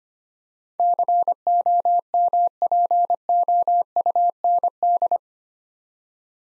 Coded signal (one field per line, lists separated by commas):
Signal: Morse code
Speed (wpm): 25 wpm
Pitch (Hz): 700 Hz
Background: none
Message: COMPOUND